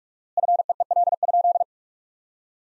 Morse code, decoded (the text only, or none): FEEL?